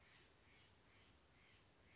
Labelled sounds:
Western Flycatcher
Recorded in Sonoma County, California

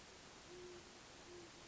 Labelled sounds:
Great Horned Owl
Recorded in Sonoma County, California

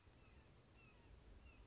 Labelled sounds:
Red-shouldered Hawk
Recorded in Sonoma County, California

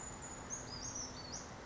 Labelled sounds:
Brown Creeper
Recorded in Sonoma County, California

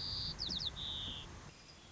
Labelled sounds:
White-crowned Sparrow
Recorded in Sonoma County, California

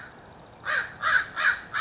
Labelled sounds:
American Crow
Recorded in Sonoma County, California

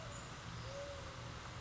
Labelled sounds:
Mourning Dove
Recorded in Sonoma County, California

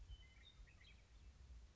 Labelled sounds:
Western Meadowlark
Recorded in Sonoma County, California

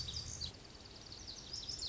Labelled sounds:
Lazuli Bunting
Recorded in Sonoma County, California

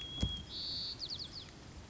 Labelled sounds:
White-crowned Sparrow
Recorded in Sonoma County, California

